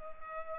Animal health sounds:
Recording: mosquito wingbeat signal from an infrared sensor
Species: Culex pipiens

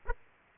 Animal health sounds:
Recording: mosquito wingbeat signal from an infrared sensor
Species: Aedes aegypti

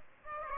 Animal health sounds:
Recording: mosquito wingbeat signal from an infrared sensor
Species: Aedes aegypti

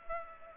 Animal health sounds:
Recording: mosquito wingbeat signal from an infrared sensor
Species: Culex pipiens

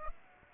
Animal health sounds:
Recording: mosquito wingbeat signal from an infrared sensor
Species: Aedes aegypti

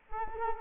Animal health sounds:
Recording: mosquito wingbeat signal from an infrared sensor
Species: Culex quinquefasciatus

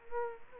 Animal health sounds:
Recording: mosquito wingbeat signal from an infrared sensor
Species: Culex quinquefasciatus

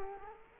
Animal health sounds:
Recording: mosquito wingbeat signal from an infrared sensor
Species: Culex quinquefasciatus

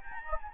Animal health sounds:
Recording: mosquito wingbeat signal from an infrared sensor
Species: Anopheles gambiae

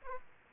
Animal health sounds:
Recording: mosquito wingbeat signal from an infrared sensor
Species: Aedes aegypti

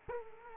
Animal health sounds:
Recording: mosquito wingbeat signal from an infrared sensor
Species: Culex quinquefasciatus

